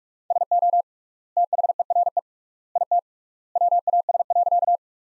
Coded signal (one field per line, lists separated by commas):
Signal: Morse code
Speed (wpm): 47 wpm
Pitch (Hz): 700 Hz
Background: none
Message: SO THERE IT WAS.